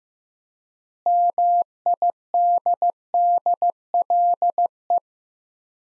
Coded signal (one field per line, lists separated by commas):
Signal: Morse code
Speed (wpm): 15 wpm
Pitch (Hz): 700 Hz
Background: none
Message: MIDDLE